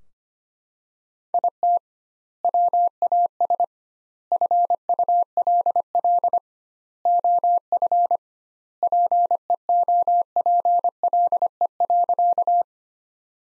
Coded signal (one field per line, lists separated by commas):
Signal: Morse code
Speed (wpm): 25 wpm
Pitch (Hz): 700 Hz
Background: none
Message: IT WAS FULL OF PEOPLE.